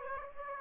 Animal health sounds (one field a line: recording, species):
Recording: mosquito wingbeat signal from an infrared sensor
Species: Aedes aegypti